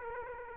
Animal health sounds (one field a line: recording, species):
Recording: mosquito wingbeat signal from an infrared sensor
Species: Aedes aegypti